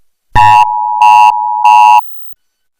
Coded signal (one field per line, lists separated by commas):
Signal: Emergency Alert System (SAME) tones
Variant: 853 and 960 Hz attention tone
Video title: [EAS YTP] The National EAS Test Saga (Re-Uploaded)